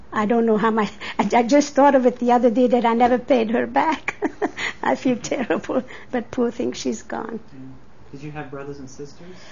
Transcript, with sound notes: I don't know how much. I just thought of it the other day that I never paid her back. ( she laughs ) I feel terrible. But, poor thing, she's gone.
Did you have brothers and sisters?